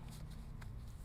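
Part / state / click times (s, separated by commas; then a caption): basting clip onto quilting frame rail / seated / 0.6 s. A plastic basting clip is pushed down over fabric onto a quilting frame rail and snaps into place with a short, sharp click at 0.6 s, over a steady low hum. The clip locks securely onto the rail.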